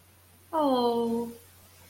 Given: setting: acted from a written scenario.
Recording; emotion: vocal sound without words; adoration